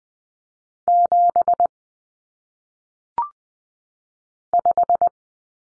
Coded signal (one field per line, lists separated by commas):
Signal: Morse code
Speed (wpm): 20 wpm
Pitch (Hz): 700 Hz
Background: none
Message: 7 5